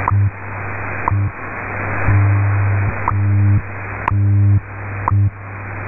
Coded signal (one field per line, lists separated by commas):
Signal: radio time signal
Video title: 14 - WWV Atomic Clock [5000 kHz AM] [03-03-20]